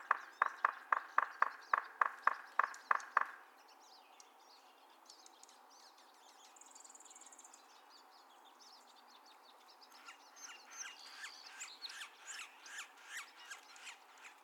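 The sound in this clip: Yellow-bellied Sapsucker drumming, a burst of sharp knocks for about three seconds, then quiet with faint bird calls, and a softer run of taps near the end.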